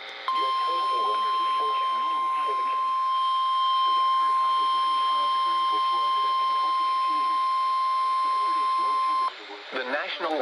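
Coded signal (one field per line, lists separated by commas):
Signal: Emergency Alert System (SAME) tones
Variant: 1050 Hz attention tone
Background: speech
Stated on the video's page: Received EAS alerts for Hurricane Helene across Florida, including uncommon and rare alert types.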